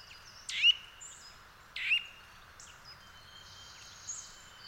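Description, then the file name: Eurasian nuthatch calls: two sharp, loud notes with a short rising whistle, just over a second apart, followed by fainter bird calls in the background. "Sitta europaea"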